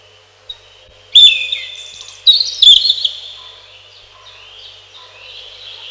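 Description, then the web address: European robin giving two brief high phrases of thin whistled and twittering notes, followed by softer faint song fragments fading away. "relax birds малиновка"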